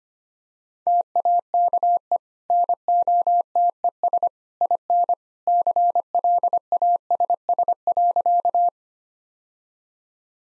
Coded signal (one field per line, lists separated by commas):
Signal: Morse code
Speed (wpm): 25 wpm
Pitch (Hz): 700 Hz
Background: none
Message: TAKE NOTES IN CLASS.